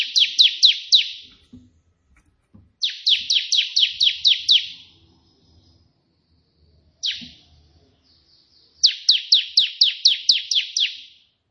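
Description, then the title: Prinia song: rapid bursts of sharp, descending high chips, three bursts separated by pauses, with one single note between. Three 'tembakan' song variations of the white prenjak, suitable as tutoring audio for pet prinias. "3 VARIASI TEMBAKAN prenjak putih"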